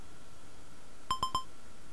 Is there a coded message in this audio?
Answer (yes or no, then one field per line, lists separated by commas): no